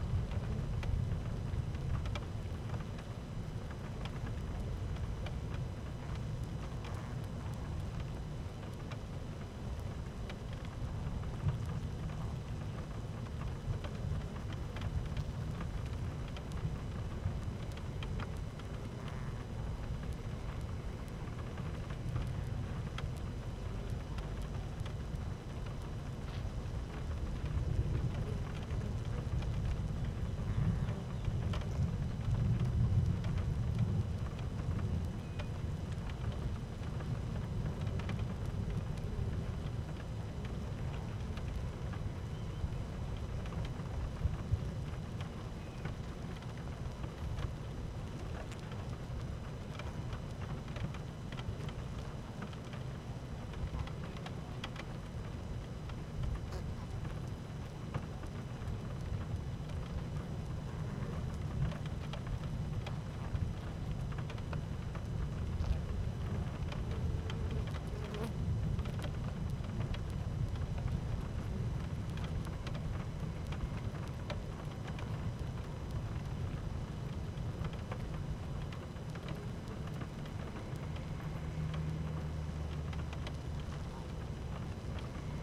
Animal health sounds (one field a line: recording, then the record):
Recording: honeybee colony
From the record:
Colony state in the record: active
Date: 12 June 2018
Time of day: 12:52